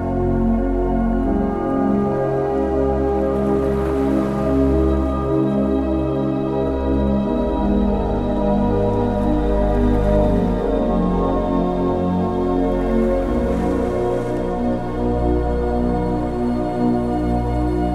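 Gentle, slow music of long, overlapping sustained tones, low and warm, holding a steady level throughout. Soft hissing swells like waves washing in rise and fade around four, ten and fourteen seconds, sitting quietly behind the music.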